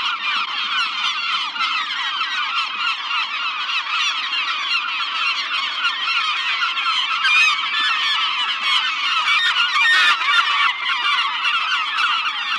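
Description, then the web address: Gulls calling as a dense flock, harsh overlapping squawks and yelps sounding constantly with no pause, a louder burst of cries near the ten-second mark. "seagulls"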